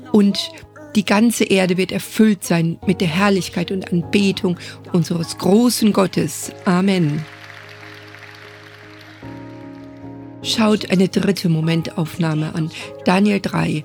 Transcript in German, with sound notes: Und die ganze Erde wird erfüllt sein mit der Herrlichkeit und Anbetung unseres großen Gottes! (Beifall) Amen! Schaut eine dritte Momentaufnahme an, Daniel 3,